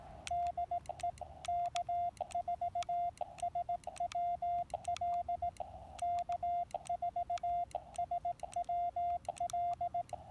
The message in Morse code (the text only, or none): DE K4SWL K4SWL